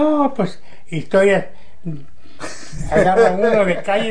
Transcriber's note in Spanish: risas